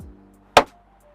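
On a 2005 Porsche Cayenne (955 model), the cornering-light H3 bulb holder is pushed back into the headlight housing and turned counterclockwise until it locks. After a quiet stretch, one sharp, loud snap is heard at 0.6 s, followed by a brief faint ring. The holder snaps into place and is seated and locked.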